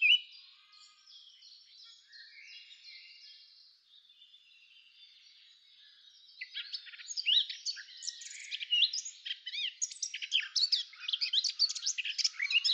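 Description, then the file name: Eurasian blackcap: quiet, thin twittering for several seconds, then a loud, rich and rapid warble of chattering and slurred notes to the end. "Sylvia atricapilla"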